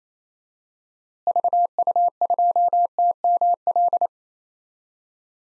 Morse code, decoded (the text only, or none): VU2TML